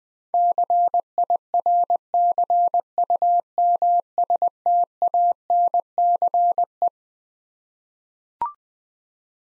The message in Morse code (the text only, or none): CIRCUMSTANCE